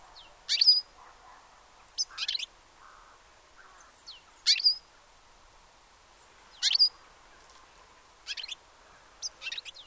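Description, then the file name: European goldfinch calls: short, bright, high chirps in several brief bursts, with quiet pauses between and faint background noise. "Carduelis carduelis"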